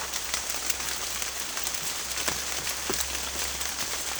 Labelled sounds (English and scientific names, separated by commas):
none